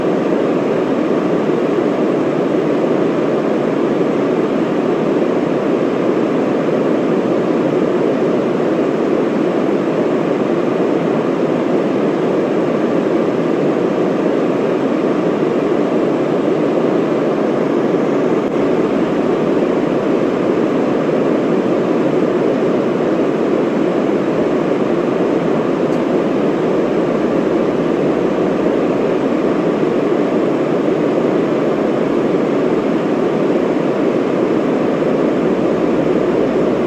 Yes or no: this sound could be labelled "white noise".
yes